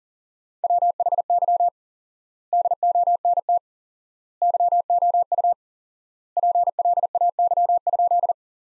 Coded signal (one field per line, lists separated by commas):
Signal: Morse code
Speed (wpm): 40 wpm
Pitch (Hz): 700 Hz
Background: none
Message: WHY DONT YOU PLAY?